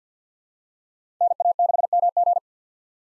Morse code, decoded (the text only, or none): NA6MG